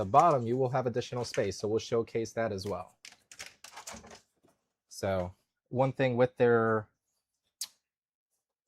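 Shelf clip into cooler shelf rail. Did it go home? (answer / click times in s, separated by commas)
yes / 7.6 s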